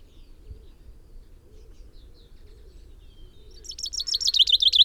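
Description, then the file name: Common chaffinch song starts after several seconds of quiet background hum: a quick, bright run of repeated notes, cut off before the phrase finishes. "Fringilla coelebs"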